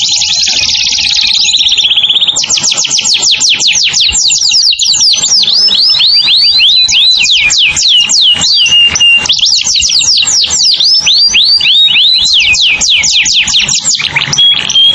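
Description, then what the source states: Canary song with a harsh buzzy opening, then fast repeated upward-sweeping whistles and chattering trills, loud and unbroken for the whole stretch. Lure call used for bird-trapping.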